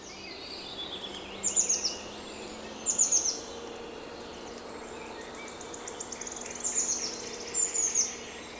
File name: Cyanistes caeruleus